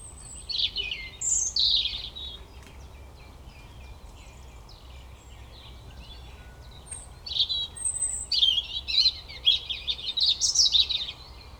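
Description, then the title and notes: European robin song: two bursts of thin, high notes breaking into quick tumbling warbles, with a quiet pause of several seconds between phrases. Recorded at Koniówka, Lesser Poland, Poland, using a Zoom F3 recorder with a Usi Pro microphone on a drop rig. "Koniówka, województwo małopolskie, Polska - Robin, King of the Petland. Recordist: Maciej Wirmański"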